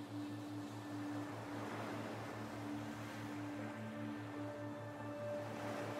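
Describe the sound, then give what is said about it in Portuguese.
Ocean waves wash steadily onto a beach in a continuous, even roar, with a low rhythmic pulsing hum and faint steady tones underneath. No one speaks. “Então, você se senta novamente no tapete, depois de aproveitar bastante aqui na praia, e descansa um pouquinho, observando as ondas, o som do mar, relaxante.”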